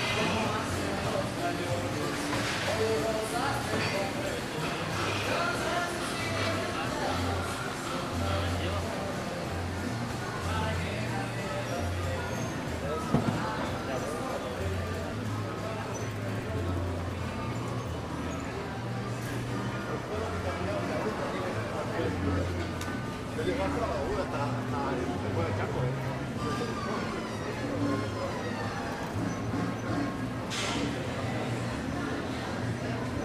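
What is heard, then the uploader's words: A busy pedestrian street heard at walking pace, with many voices talking in a steady, dense murmur. Low rumbling from passing traffic runs underneath throughout, and a few brief, sharper sounds cut through, one near the middle. Walking Down 5th Avenue In Playa Del Carmen (Ambient Sounds, Walking, Talking, Car Noise, Footsteps, Birds Chirping). In this episode we are taking a stroll down the busy 5th avenue in Playa Del Carmen, Mexico.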